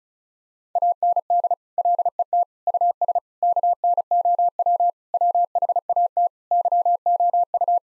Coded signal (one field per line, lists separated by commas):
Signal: Morse code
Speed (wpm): 36 wpm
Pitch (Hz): 700 Hz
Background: none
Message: AND LET US KNOW WHAT YOU